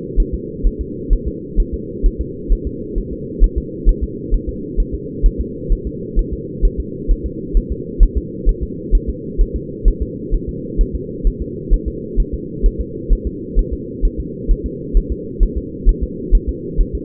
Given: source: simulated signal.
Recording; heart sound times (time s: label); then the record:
fetal heart sounds
0.20 s: S1
0.34 s: S2
0.67 s: S1
0.81 s: S2
1.13 s: S1
1.28 s: S2
1.60 s: S1
1.74 s: S2
2.06 s: S1
2.21 s: S2
2.52 s: S1
2.67 s: S2
2.98 s: S1
3.13 s: S2
3.44 s: S1
3.58 s: S2
3.89 s: S1
4.03 s: S2
4.34 s: S1
4.49 s: S2
4.80 s: S1
4.95 s: S2
5.26 s: S1
5.41 s: S2
5.73 s: S1
5.87 s: S2
6.19 s: S1
6.33 s: S2
6.65 s: S1
6.80 s: S2
7.11 s: S1
7.26 s: S2
7.57 s: S1
7.72 s: S2
8.03 s: S1
8.17 s: S2
8.49 s: S1
8.63 s: S2
8.95 s: S1
9.09 s: S2
9.41 s: S1
9.56 s: S2
9.88 s: S1
10.02 s: S2
10.35 s: S1
10.49 s: S2
10.81 s: S1
10.95 s: S2
11.27 s: S1
11.42 s: S2
11.74 s: S1
11.88 s: S2
12.20 s: S1
12.34 s: S2
12.66 s: S1
12.80 s: S2
13.12 s: S1
13.27 s: S2
13.59 s: S1
13.73 s: S2
14.05 s: S1
14.20 s: S2
14.51 s: S1
14.66 s: S2
14.97 s: S1
15.12 s: S2
15.43 s: S1
15.58 s: S2
15.89 s: S1
16.03 s: S2
16.35 s: S1
16.49 s: S2
16.81 s: S1
16.95 s: S2
From the record:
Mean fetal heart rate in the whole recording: 130 bpm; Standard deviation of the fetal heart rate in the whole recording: 2 bpm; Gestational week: 38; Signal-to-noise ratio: -4.1 dB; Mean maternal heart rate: no maternal heart sound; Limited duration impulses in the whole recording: absent